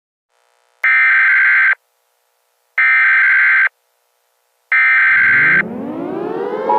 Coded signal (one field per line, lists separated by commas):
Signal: Emergency Alert System (SAME) tones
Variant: header bursts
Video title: Eas scenario- nuclear bomb attack